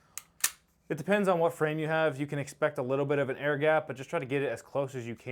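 A pistol magazine is pushed firmly into a Herrington Arms P320 pistol grip through a newly installed magwell. A small tap at 0.2 s is followed by a loud, sharp click at 0.4 s as it seats all the way and the catch locks it. Then someone talks.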